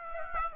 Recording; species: mosquito wingbeat signal from an infrared sensor; Aedes aegypti